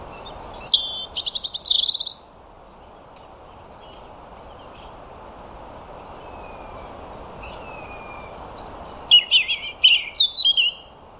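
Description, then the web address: European robin song: a burst of high, tinkling, varied notes, a few thin sliding whistles in the pause, then another jangling phrase near the end. "Deverinetal 2025 File origin Bird Only Er Ru"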